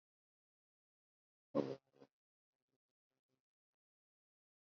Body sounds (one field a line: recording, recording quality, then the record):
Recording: sustained vowel as in boot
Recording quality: poor, much background noise or distortion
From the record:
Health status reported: healthy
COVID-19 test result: negative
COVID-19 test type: rapid antigen test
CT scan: not taken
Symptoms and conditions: cough, fatigue, diarrhoea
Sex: male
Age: 25 years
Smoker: no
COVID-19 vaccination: both doses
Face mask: worn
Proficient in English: yes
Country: India